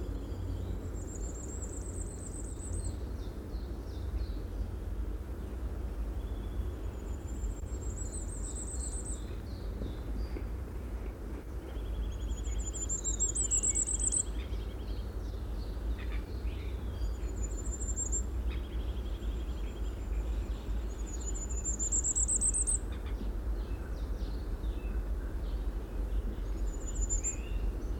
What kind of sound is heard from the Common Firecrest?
song